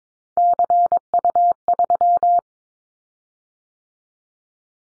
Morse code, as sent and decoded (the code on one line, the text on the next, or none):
-.-. ..- ...--
CU3